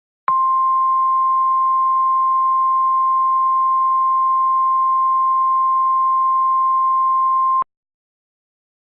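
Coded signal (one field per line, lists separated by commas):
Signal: Emergency Alert System (SAME) tones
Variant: 1050 Hz attention tone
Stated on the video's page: Fictional EAS scenario for a Cascadia Subduction Zone earthquake; fully valid EAS tones.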